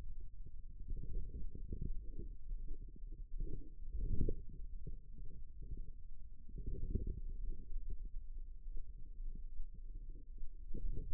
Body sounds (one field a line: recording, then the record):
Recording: forearm muscle sounds (acoustic myography)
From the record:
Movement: wrist flexion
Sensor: system 2, bracelet of six BSWA MPA416 microphones around the upper forearm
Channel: 4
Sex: female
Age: 25 years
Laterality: right